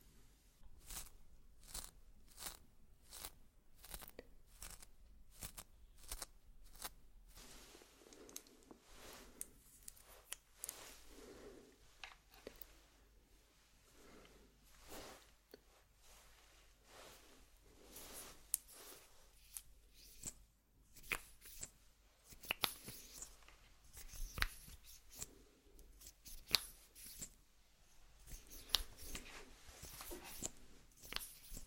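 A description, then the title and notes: Makeup being applied, with no talking: a run of crisp, evenly spaced taps or clicks in the first eight seconds, then softer brushing, rustling and crinkly handling. Scattered sharp clicks and snips pop up throughout, growing busier and louder toward the end. ASMR Doing Your Makeup , Pure Sounds , No Talking.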